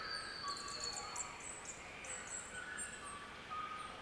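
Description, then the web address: Birds singing in a mixed chorus: high thin whistles and buzzy trills near the top of the range, with lower sustained whistled notes and a steady background hiss. Chorus of several birds, Central Victoria, Australia. "Central Victorian Birdsong Chorus"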